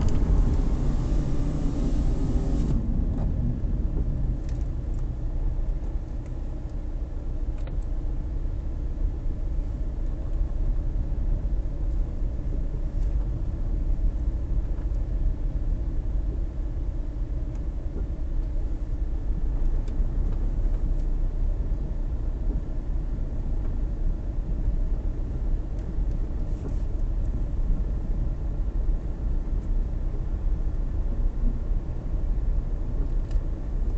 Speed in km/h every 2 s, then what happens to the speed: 28, 15, 7, 7, 8, 7, 7, 7, 7, 8, 7, 8, 7, 8, 7, 8, 8.
0-4 brakes to 7. 4-34 steady at about 7.